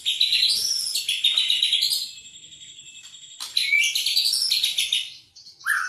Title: murai batu